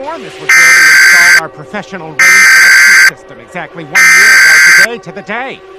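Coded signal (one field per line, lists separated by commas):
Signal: Emergency Alert System (SAME) tones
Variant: header bursts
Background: speech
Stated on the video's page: Fictional mock EAS alert.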